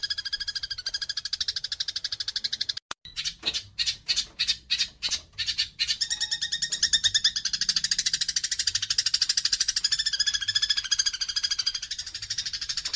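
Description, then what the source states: Eurasian tree sparrow giving a steady, fast, buzzy chatter, interrupted near the start by a brief burst of separate sharp chirps before the dense run resumes. Lively sparrow giving dense rapid chattering (nyecret rapat); masteran recording used as a model to train songbirds.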